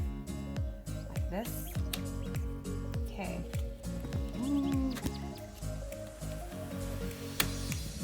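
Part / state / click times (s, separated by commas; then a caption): plastic grow insert into microgreens kit water container / seated / 7.4 s. Plastic grow inserts are fitted back into a microgreens kit's water container, which has just been filled with water, and pressed down over music while someone talks. There are a few soft handling taps, then a sharp click at 7.4 s as the inserts seat into place.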